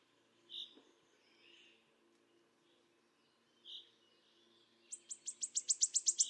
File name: Mathias Ritschard - Penochka-trecshotka Phylloscopus sibilatrix